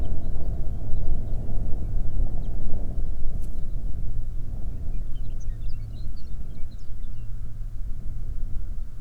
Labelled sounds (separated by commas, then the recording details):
songbird, wind
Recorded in the Arctic National Wildlife Refuge, Alaska, on 20 May 2019 at 11:59
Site 38